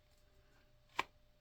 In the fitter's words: y'all hear it snapping in there it ain't coming out anyway